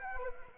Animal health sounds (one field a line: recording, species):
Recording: mosquito wingbeat signal from an infrared sensor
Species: Anopheles arabiensis